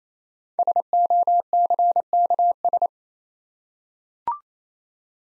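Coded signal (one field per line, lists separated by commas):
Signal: Morse code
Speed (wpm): 27 wpm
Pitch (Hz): 700 Hz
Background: none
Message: SOCKS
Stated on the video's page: Morse practice set of easy words at 28 wpm with contextual hints, a copying drill.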